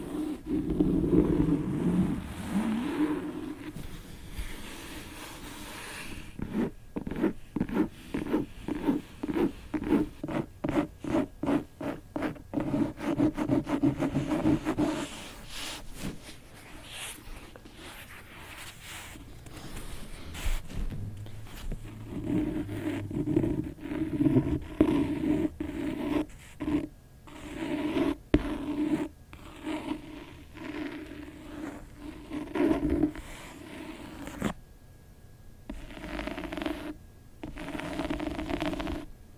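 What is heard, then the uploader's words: Scratching on a book, rough and raspy, with fast rhythmic strokes in bursts, densest from about 6 to 15 seconds and again around 25 to 30 seconds. Slower, softer scraping fills the gaps, and brief pauses break it near 34 seconds. ASMR book scratching.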